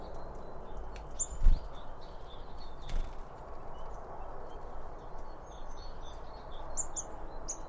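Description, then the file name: Bird chirps, high and short, near the start and in a quick cluster at the end, with soft thuds and a low rumble. Several birds around a bird feeder, recorded with two Line Audio OM1 microphones. "Birds Around Birdfeeding With Two Om 1 From Line Audio"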